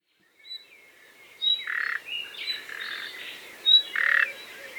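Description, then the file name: Common nightingale calls: a few faint whistles, then several louder harsh bursts mixed with whistles. "Luscinia megarhynchos"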